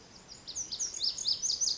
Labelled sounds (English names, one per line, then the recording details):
Lazuli Bunting
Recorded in Sonoma County, California